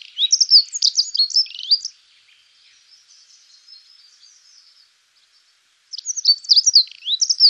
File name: passera scopaiola